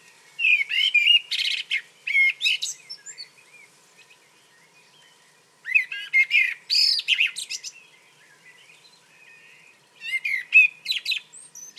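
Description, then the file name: Common blackbird singing three phrases of rich warbled notes mixed with squeaky high twitters, spaced by pauses of a couple of seconds. "Turdus merula"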